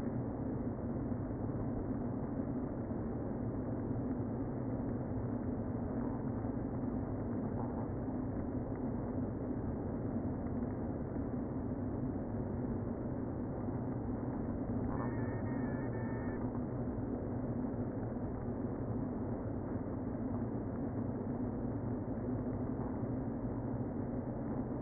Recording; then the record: honeybee colony, microphone inside the hive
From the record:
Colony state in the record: queen present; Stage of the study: before two queens were removed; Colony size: about 60,000 bees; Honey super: yes